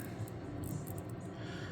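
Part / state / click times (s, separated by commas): screw-down crown on a watch crown tube / released / 0.3 s, 0.7 s, 0.9 s, 1.0 s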